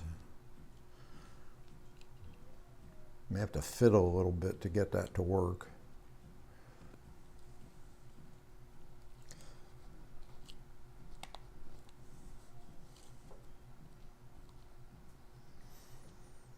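A plastic fuel filter component is being fiddled and worked onto the fuel pump assembly of a KTM Super Duke GT motorcycle while someone talks. Quiet handling taps and light ticks are heard, the loudest around 9.3 s, 10.5 s, 11.2 s and 11.4 s. Nothing has seated or clicked yet.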